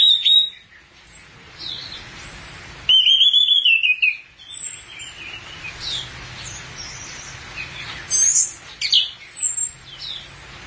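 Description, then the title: Thrush sings a loud warbled phrase, followed by softer scattered chirps and a brief bright burst near the end. "burung anis x"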